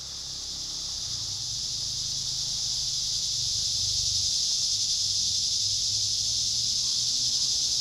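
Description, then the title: Cicadas in a continuous, high-pitched hissing drone that swells slightly louder over the first few seconds, with a faint low rumble underneath. "neoscenes: cicadas at Trinity"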